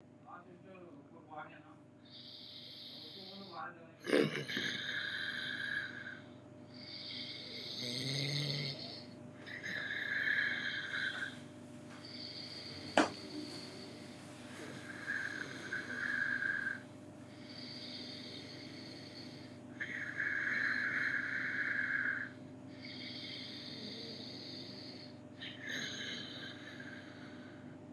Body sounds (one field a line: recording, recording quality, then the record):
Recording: deep breathing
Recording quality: excellent, no background noise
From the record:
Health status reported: COVID-19 positive, mild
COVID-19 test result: positive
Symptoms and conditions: breathing difficulty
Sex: male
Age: 47 years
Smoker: not ticked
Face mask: worn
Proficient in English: yes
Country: India